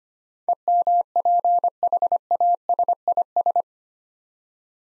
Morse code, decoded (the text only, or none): EMPHASIS